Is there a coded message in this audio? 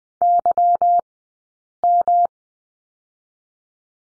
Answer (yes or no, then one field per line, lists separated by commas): yes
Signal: Morse code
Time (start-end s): 0.2-2.3 s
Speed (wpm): 20 wpm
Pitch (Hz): 700 Hz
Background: none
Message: YM